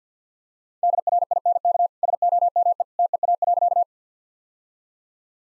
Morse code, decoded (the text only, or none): DRINK SOME TEA.